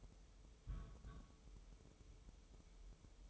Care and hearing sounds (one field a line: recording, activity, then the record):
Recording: daily activity, microphone in the room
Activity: place on stove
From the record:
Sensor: 1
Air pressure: 988.3 hPa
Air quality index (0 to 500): 202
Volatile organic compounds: 1000 ppm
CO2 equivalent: 5403 ppm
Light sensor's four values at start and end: 27/98/37/39 and 26/97/37/39